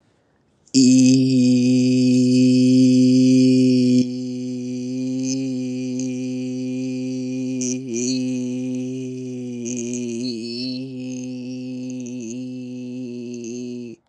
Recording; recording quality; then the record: sustained vowel as in beet; excellent, no background noise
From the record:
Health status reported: healthy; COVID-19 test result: negative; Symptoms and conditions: cough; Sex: male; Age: 22 years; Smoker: not ticked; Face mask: not worn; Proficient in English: yes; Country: India